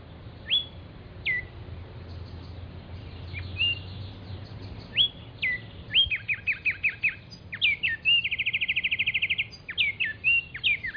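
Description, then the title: Black-striped sparrow singing a mix of clear whistled notes, some rising and some falling, then a run of repeated notes and a fast, even trill. Nominate subspecies conirostris. "LuckyPassaro Completos2Sama. Black-striped Sparrow (Arremonops conirostris conirostris)"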